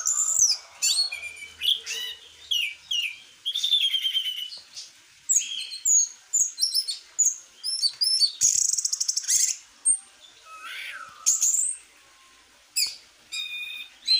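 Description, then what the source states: Orange-headed thrush song: varied rich whistles, sweeping slurs and quick chattering phrases in irregular bursts, with a few harsher notes. Singing vigorously and continuously, in competition-standard form.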